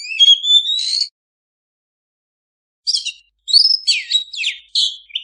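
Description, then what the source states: Oriental magpie-robin giving a rising whistle ending in a scratchy burst, then after a gap several quick scratchy and whistled song phrases. Master recording (masteran) of a vigorously singing (gacor) kacer, intended to be played for owners' kacer that do not sing (bisu).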